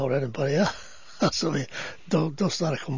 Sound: he laughs

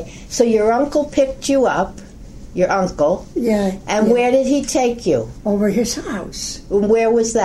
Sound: none

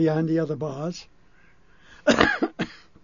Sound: coughs

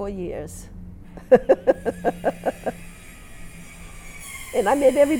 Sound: a drilling noise can be heard in the background on the tape; she laughs

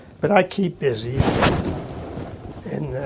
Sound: microphone noise

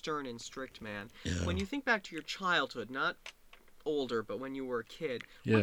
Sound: none

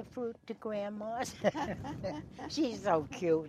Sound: laughs

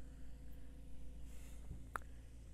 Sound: she pauses to catch her breath

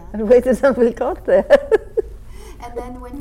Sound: laughs

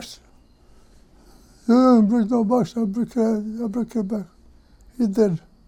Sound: imitating father's voice

